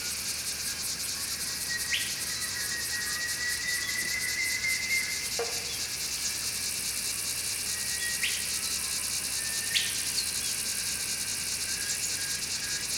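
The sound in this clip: Montane and black squeakers: a few sharp high chirps standing out over a dense, rapidly pulsed high chorus and steady hiss.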